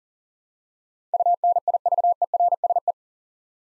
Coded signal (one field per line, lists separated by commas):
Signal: Morse code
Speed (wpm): 40 wpm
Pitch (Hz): 700 Hz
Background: none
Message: UNIVERSE